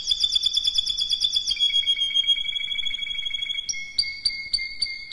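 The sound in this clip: Canary song: a fast pulsed trill over a held whistled tone, then separate bright notes repeated several times.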